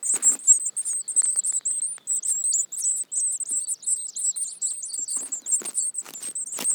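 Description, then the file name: Eurasian blue tit calling in a fast, continuous string of high, wavering notes, broken by loud crackling and rustling bursts. "Cyanistes caeruleus"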